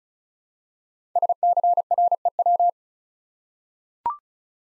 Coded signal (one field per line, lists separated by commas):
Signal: Morse code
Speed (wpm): 36 wpm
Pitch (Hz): 700 Hz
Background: none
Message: SCREW